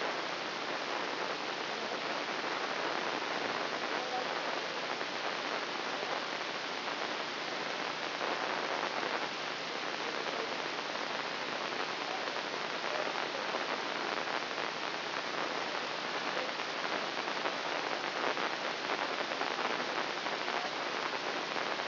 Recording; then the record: brain microelectrode recording played as sound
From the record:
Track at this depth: inside the subthalamic nucleus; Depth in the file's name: 3.908 mm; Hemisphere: left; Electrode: 2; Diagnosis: Parkinson's disease